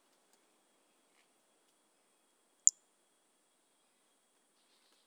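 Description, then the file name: Pumpkin toadlet call: a single abrupt, high note like a tiny click, with quiet before and after. Individual 04, recorded 18 January 2018; specimen collected. "Brachycephalus mirissimus 18 jan 2018 individual 04 ex 04 A E Confetti collected MHNCI 10795"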